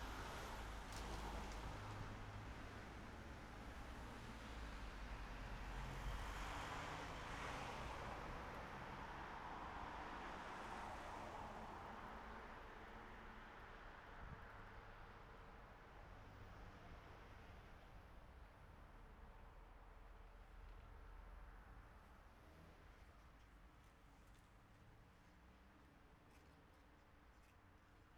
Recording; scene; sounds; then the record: everyday scene through a hearing-aid microphone; in traffic; traffic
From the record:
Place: city secondary road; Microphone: behind the ear, right, front